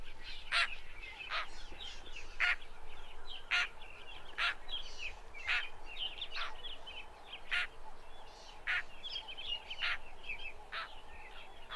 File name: canto do rolieiro de peito lilas